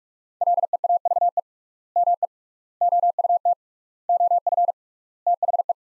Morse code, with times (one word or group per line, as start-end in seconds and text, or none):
0.4-1.4 LEAVE
2.0-2.3 ME
2.8-3.5 OUT
4.1-4.7 OF
5.3-5.7 THE